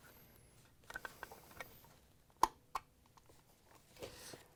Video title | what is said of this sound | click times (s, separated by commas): Fridge Not Cooling? Replace the Compressor Start Relay — LG (6749C-0014E) | the compressor frame and then we can lift it up and snap the top in | 2.4 s